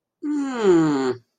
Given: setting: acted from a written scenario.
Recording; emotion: vocal sound without words; realization